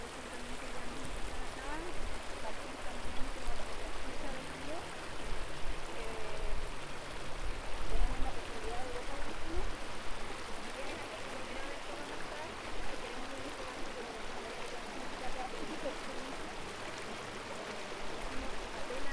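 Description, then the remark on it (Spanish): River water close to the river's headwaters flows steadily throughout, a continuous rushing, gurgling wash with small bubbling ripples and no pauses, holding a fairly even loudness from start to finish. “Entonces, bueno, si bien no estamos en la punta misma del río, quería transmitir que estamos cerquita de esa punta del río.”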